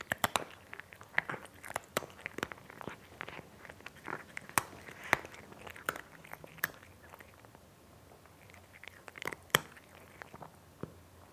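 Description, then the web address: Cat eating, with dense crunchy bites and chewing clicks throughout, busiest in the first seven seconds, then sparser. Cat eating with a nice crunchy sound. "BBC Sound Effects Library (Cats) Cat Eating (Nice Crunchy Sound)"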